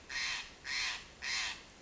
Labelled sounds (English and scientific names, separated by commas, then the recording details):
Steller's Jay (Cyanocitta stelleri)
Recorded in Sonoma County, California